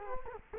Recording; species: mosquito wingbeat signal from an infrared sensor; Culex quinquefasciatus